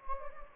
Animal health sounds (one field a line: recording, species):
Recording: mosquito wingbeat signal from an infrared sensor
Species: Anopheles gambiae